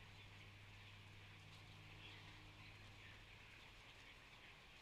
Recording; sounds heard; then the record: poultry house recording; healthy chickens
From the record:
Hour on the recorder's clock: 14